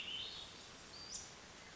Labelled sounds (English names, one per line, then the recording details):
Western Flycatcher
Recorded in Sonoma County, California